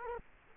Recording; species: mosquito wingbeat signal from an infrared sensor; Culex quinquefasciatus